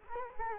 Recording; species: mosquito wingbeat signal from an infrared sensor; Culex quinquefasciatus